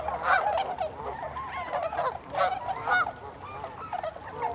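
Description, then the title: Tundra swans giving loud, nasal hooting calls in short bursts over a softer, continuous background of honking from the rest of the flock. Recorded 26 December 2020; several swans. "2020-12-26-Tundra-Swans"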